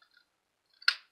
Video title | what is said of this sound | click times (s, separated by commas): Scale v8 | Oh, there it goes, yep. It just pops right in there, guys, like that. | 0.9 s